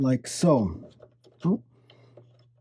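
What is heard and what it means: Someone talks while pressing the back side of a 3D-printed plastic CRT adjustment ring into the CRT bezel mount of a Tektronix 500 Series oscilloscope. Only faint, small ticks follow at about 1.9, 2.2 and 2.4 seconds. The ring has not snapped into place yet, and nothing has seated or clicked.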